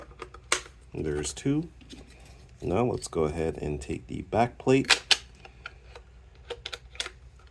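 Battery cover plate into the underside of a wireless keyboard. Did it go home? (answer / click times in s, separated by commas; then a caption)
no / none. Someone talks while the plastic back plate (battery cover) of a Kensington wireless keyboard is pushed into place over the batteries on its underside, with short sharp taps and handling knocks around it. The cover is fitted without any audible click; nothing has clicked, and the fit is accepted anyway.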